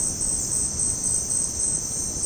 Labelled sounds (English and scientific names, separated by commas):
none